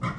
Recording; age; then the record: pig call; growing-finishing pig (85 days or more)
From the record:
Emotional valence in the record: positive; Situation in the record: run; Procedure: transit